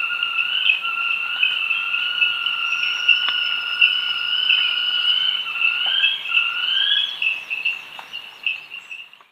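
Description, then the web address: Spillmann's tapaculo song: one long continuous trill lasting over nine seconds, wavering slightly in pitch and fading toward the end. Ecuador. "Birds of Ecuador Spillmann's Tapaculo"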